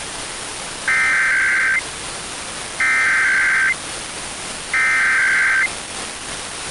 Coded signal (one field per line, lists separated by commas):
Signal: Emergency Alert System (SAME) tones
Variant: header bursts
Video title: New Jersey Required Monthly Test on WPST-FM (June 22, 2022) (EAS #549)